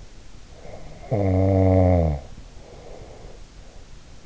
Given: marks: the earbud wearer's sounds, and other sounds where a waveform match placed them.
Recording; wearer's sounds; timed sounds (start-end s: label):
sounds in sleep by an in-ear microphone; snoring breath
0.57-3.51 s: snoring breath